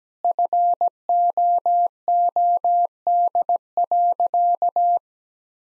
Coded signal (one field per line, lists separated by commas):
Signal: Morse code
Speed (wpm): 17 wpm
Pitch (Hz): 700 Hz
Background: none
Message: FOOD.